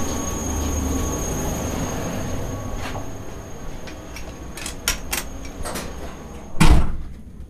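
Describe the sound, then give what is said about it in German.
A steady low rumble inside a locomotive as people walk through it to the other driver's cab, with clanks and knocks, several sharp thuds clustering near the end, and one loud bang like a door slamming shut. No one speaks. “So, jetzt laufen wir hier gerade durch die Lok auf den anderen Führerstand.”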